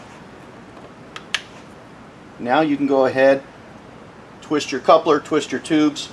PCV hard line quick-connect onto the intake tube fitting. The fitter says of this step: get it to where it connects with the fitting on the JLT and hear that snap now